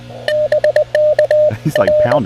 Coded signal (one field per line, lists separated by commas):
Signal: Morse code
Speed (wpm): 20 wpm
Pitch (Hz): 600 Hz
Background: speech, radio noise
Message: BK R